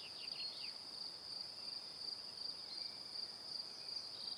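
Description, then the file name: Steady high-pitched cricket chirping with rhythmic pulses, opening with a few quick downward chirps. Evening. "Calm - Evening Crickets"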